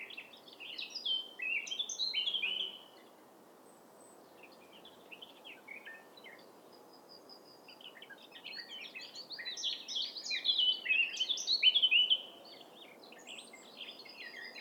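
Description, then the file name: Eurasian blackcap warbling song in two bursts of fast, scratchy, jumbled notes, the second longer, with a quieter stretch between them over a soft background hiss. "Sylvia atricapilla"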